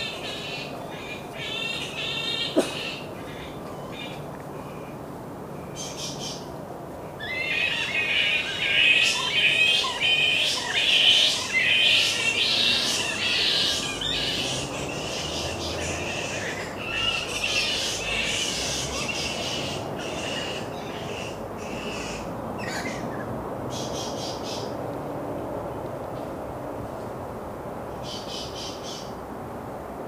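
Flying foxes squabble in a dense, shrill chatter of squeaks, loudest from about seven to twelve seconds, over a steady low traffic hum.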